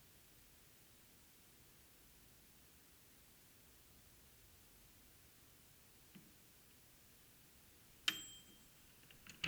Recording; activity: daily activity, guitar pickup as the sensor; use microwave